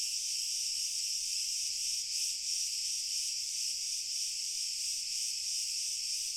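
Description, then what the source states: Dense cricket chorus, a bright continuous high trill with quick rhythmic pulsing from start to finish. Pure cricket chorus, slowly increasing in intensity.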